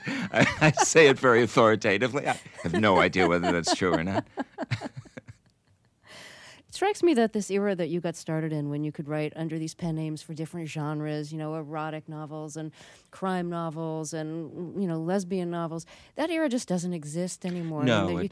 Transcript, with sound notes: I say it very authoritatively. I have no idea whether that's true or not.
(laughs) It strikes me that this era that you got started in, when you could write under these pen names for different genres, you know, erotic novels and crime novels and, you know, lesbian novels, that era just doesn't exist any more...